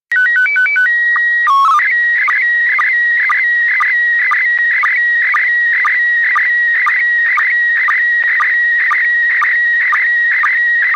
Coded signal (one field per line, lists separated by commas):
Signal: SSTV (slow-scan television)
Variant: PD 120